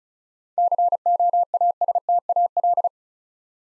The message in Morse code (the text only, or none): COASTAL